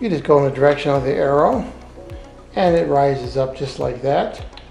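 The tilt head of a 660 W, 7.5-quart, 10-speed electric stand mixer with a stainless steel bowl is lifted in the direction of the arrow toward its raised locking position while someone talks, with a faint brief knock near 2.1 s. The clip ends before the head locks, so nothing has seated or clicked yet.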